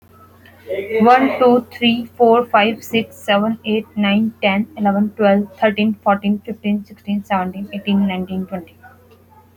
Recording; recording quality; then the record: counting at a fast pace; excellent, no background noise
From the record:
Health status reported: healthy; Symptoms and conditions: fever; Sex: female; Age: 27 years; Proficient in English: yes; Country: India